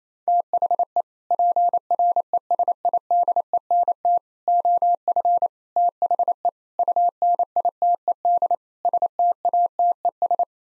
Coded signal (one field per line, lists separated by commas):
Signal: Morse code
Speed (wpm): 27 wpm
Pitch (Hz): 700 Hz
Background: none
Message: THE PRESIDENT OF THE UNITED STATES